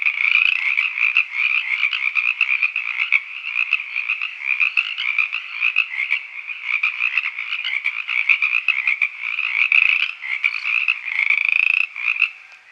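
Frogs calling in a dense, continuous chorus of rapid rasping croaks with no pauses, fading near the end.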